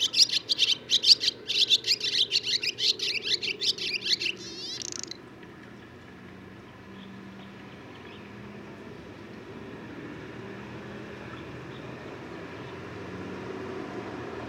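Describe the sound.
Barn swallow song: rapid high twittering for about five seconds, ending in a short grating rattle, then quiet with a low background hum.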